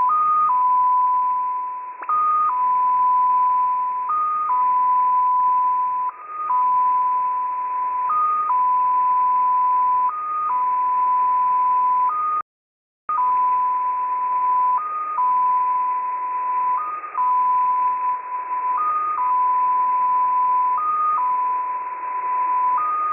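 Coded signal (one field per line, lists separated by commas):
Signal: multi-tone FSK (Olivia or MFSK type)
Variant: XPA2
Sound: steady whistle tone with a short higher blip about every two seconds, over hiss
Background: radio static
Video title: XPA2 on 10921 kHz USB January 31, 2021 12:00 UTC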